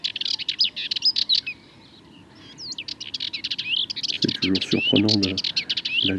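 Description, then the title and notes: Sardinian warbler song, fast rattling bursts of high, scratchy notes with a short gap, then more chatter while lower harmonic sounds join near the end. 22 March 2019, Le Charnier, Camargue; at twilight, before full daylight; long monologue of incredibly nervous, rapid song; Wildtronic parabola, MKH8020 microphone, MixPre 3 recorder. "Le Charnier - Camargue. une Fauvette mélanocéphale (Sylvia melanocephala)"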